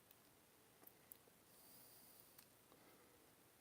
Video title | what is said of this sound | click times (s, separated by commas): How to make your own mini comic Classics He-Man action figure. | then slide it up and over and it'll pop into place. | 1.1 s